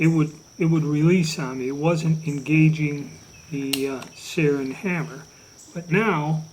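A percussion revolver's hammer is handled while someone talks, with a steady high-pitched tone running underneath. The fix is meant to make the hammer's notch catch on the trigger sear at full cock, where before it would not engage and would release. Nothing has clicked or seated yet.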